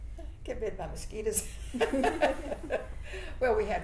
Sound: laughter